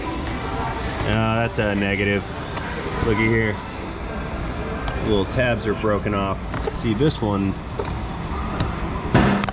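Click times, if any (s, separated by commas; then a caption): 9.4 s. A plastic hose quick-connector is pressed onto an engine fitting on a VW 2.5 five-cylinder engine while someone talks about small retaining tabs that are broken off. A sharp click at 9.4 s marks one tab seating, while another small tab on the bottom is broken and does not engage.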